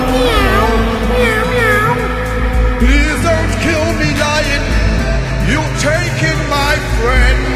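A cat meows repeatedly, its wavering, high-pitched cries rising and falling over a steady low rumble, with several overlapping calls spread across the whole stretch.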